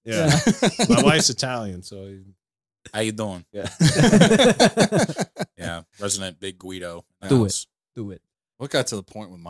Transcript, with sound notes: Yeah.
My wife's Italian, so.
How you doing? (laughing)
Yeah.
Resident Big Guido.
Do it.
Do it.
What got to the point with mine?